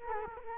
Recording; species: mosquito wingbeat signal from an infrared sensor; Culex quinquefasciatus